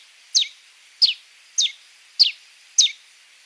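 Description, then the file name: Helmeted manakin song: five crisp high chips sliding quickly downward, evenly repeated about every 0.6 seconds. "Canto do soldado de crista vermelha"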